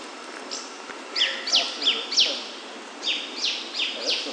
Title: LuckyPassaro Completos2Sama. Yellow-green Grosbeak (Caryothraustes canadensis)